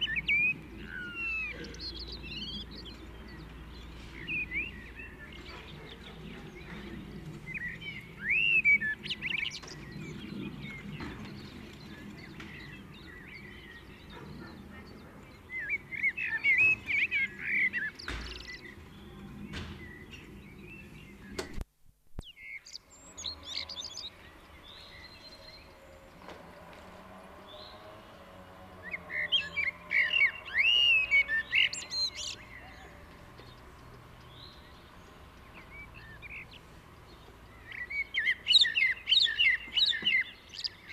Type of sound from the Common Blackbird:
song